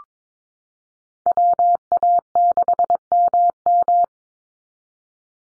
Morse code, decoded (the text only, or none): WA6MM